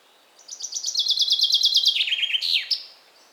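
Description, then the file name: Common chaffinch song, rapid repeated notes falling in pitch through two trilled phrases and ending with an emphatic descending flourish. "Fringilla coelebs"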